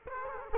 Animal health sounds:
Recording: mosquito wingbeat signal from an infrared sensor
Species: Culex quinquefasciatus

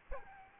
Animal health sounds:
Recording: mosquito wingbeat signal from an infrared sensor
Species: Aedes albopictus

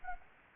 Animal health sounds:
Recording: mosquito wingbeat signal from an infrared sensor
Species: Anopheles arabiensis

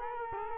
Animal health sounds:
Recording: mosquito wingbeat signal from an infrared sensor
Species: Culex quinquefasciatus

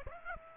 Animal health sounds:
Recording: mosquito wingbeat signal from an infrared sensor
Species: Aedes aegypti

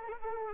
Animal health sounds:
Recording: mosquito wingbeat signal from an infrared sensor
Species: Anopheles arabiensis

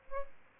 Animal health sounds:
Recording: mosquito wingbeat signal from an infrared sensor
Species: Aedes albopictus

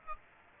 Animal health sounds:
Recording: mosquito wingbeat signal from an infrared sensor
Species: Aedes aegypti

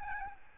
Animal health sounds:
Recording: mosquito wingbeat signal from an infrared sensor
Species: Aedes albopictus

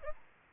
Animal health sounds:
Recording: mosquito wingbeat signal from an infrared sensor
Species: Aedes albopictus

